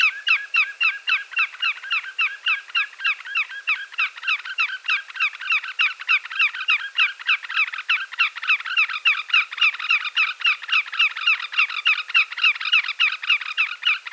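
Greater yellowlegs calling in a fast, steady run of ringing, slightly downslurred notes, roughly three or four each second, without pause.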